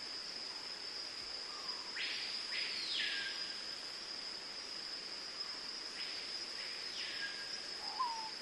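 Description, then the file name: Screaming piha calls: two fairly faint calls, each a pair of whistles that sweep up and fall away, with a few soft lower notes and a steady high insect drone throughout. "piauhau hurleur"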